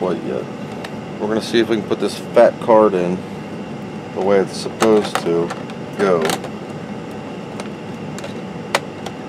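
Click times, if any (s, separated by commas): 8.8 s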